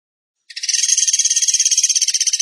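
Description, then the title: Bird song as a single dense rapid trill, high and buzzy, starting abruptly and continuing for two seconds. Masteran (training) song in the 'tembakan gacor' style. "Masteran Burung Tembakan Gacor"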